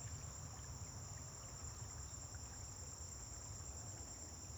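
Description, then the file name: Crickets chirping in a steady, continuous high-pitched trill that never breaks, over a low rumble of road traffic. Dawn on a farm, crickets with vehicles passing on a distant road. "Amanhecer na fazenda com grilos veiculos passando em estrada longe"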